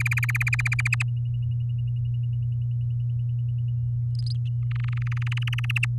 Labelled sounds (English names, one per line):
Domestic Canary song